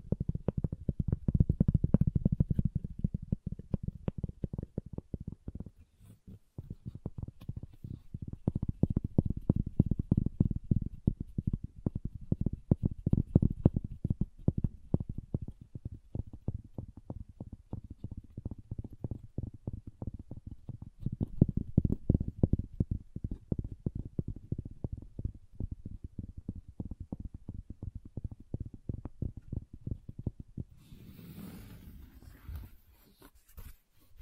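Wood triggers: a fast, dense stream of tapping and scratching on wood, soft and low in tone, swelling louder around the start, near ten seconds and again past twenty. Just after thirty seconds a brief bright rustling hiss cuts in before the sound fades.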